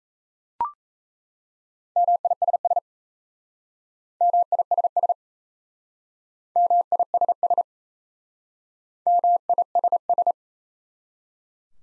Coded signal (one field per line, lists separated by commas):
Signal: Morse code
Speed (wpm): 36 wpm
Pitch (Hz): 700 Hz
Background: none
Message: MISS MISS MISS MISS